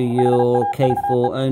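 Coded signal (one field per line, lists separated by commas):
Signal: Morse code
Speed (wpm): 36 wpm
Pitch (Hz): 810 Hz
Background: speech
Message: HAVE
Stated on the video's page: CW received on a Xiegu X6100 running firmware v1.1.5.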